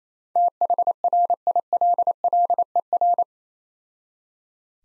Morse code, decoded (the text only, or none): THRILLER